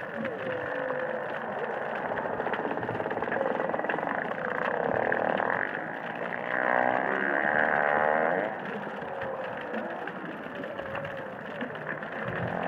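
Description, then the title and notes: Humpback whale song, sweeping tonal moans and wavering upswept notes rising and falling under a steady noisy underwater hiss, with busier phrases in the middle. Underwater recording of humpback whales singing and calling in the Indian Ocean. "Whale Song is a collection of underwater recordings of humpback whales singing and calling in the Indian Ocean."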